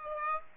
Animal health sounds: mosquito wingbeat signal from an infrared sensor; Aedes aegypti

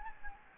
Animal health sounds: mosquito wingbeat signal from an infrared sensor; Anopheles gambiae

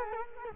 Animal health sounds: mosquito wingbeat signal from an infrared sensor; Culex quinquefasciatus

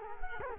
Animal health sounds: mosquito wingbeat signal from an infrared sensor; Culex quinquefasciatus

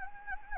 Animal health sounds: mosquito wingbeat signal from an infrared sensor; Anopheles gambiae

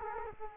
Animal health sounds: mosquito wingbeat signal from an infrared sensor; Culex quinquefasciatus

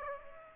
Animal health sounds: mosquito wingbeat signal from an infrared sensor; Aedes aegypti

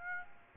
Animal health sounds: mosquito wingbeat signal from an infrared sensor; Aedes aegypti

